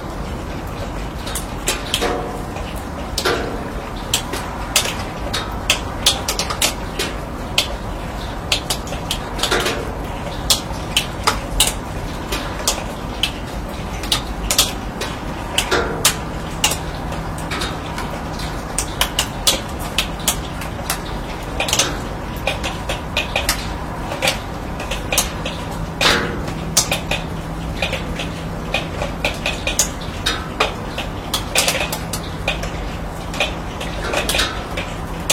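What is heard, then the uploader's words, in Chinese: Rain drips onto a steel roof in a constant patter, with sharp metallic ticks landing irregularly several times a second. A steady low rumble runs underneath, and a faint low hum rises briefly around 16 seconds and again near 25–35 seconds. 雨水滴落在钢铁顶棚。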